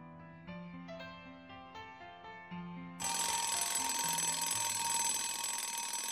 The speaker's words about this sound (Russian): Будильник.